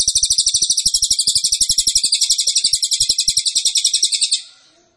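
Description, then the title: Pygmy bushtit giving a long, shrill, rapid twittering trill of pulsed high buzzy notes lasting over four seconds, with soft low tapping clicks underneath, then fading out. Champion (sang juara) cililin, "ampuh", song used as a masteran tutor recording for training cage birds. "Cililin AMPUH. Masteran Burung cililin masteran sang juara"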